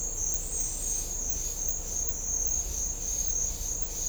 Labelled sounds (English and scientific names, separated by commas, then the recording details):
none
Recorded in dense forest near Puerto Asís, Putumayo, Colombia, on 22 December 2024 at 08:30
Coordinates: 0.500, -76.322
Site G053